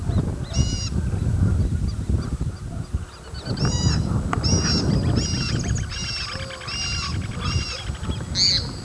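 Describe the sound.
Bird honking calls repeated in a loose series, growing more frequent toward the end, over strong low rumbling noise.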